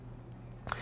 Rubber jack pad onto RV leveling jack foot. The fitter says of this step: the lip of the pad fully engages and locks into place you'll actually hear a snapping sound once the once the pad is securely installed